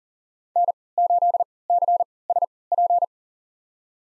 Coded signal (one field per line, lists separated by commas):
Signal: Morse code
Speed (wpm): 40 wpm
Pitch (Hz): 700 Hz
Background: none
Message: N8CSP